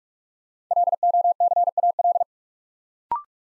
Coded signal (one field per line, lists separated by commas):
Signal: Morse code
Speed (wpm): 44 wpm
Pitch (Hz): 700 Hz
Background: none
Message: LOCAL